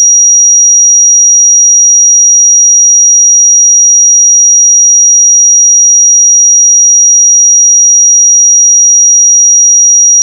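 A steady pure sine tone at 5742 Hz holds unchanged for the full ten seconds, thin and piercing, with nothing else around it.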